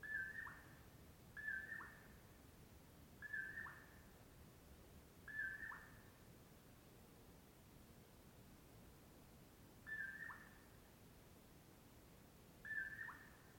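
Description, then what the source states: Common Poorwill repeating its mellow whistled call four times, then twice more after a pause of several seconds. Mellow "poor-will-low" at dawn, camped off Brewton Road near Colockum Pass; crepuscular nightjar.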